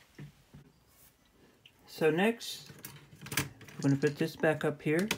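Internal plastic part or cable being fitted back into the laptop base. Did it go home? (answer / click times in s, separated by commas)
no / none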